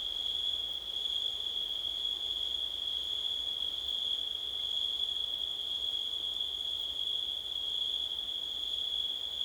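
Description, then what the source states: Cricket song, a continuous steady high trill holding one pitch throughout. Crickets on a windy September night.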